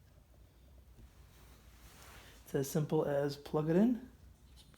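An electrical connector for an LED strip in the backlight of a Sharp LC-58Q737OU TV is handled at its backlight strip socket, ready to be plugged in. Faint handling noise sits under someone talking. Nothing has seated or clicked yet.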